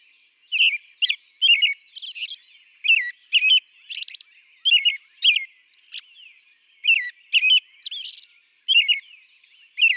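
American robin song of cheery whistled phrases with sharp high squeaky notes mixed in, delivered in quick clusters separated by short gaps.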